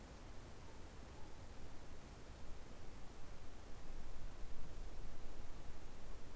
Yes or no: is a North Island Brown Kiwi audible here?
no